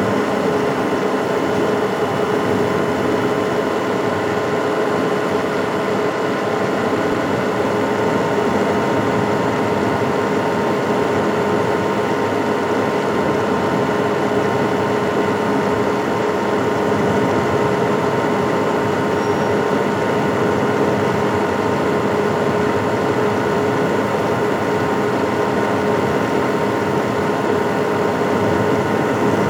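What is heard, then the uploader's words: A fan runs steadily for the whole stretch, a constant whirring hum with no change in level. Several fixed tones ring through the mid range, giving it a motor-like drone, while a softer hiss sits above. Nothing else interrupts it. Relaxing Fan Sounds.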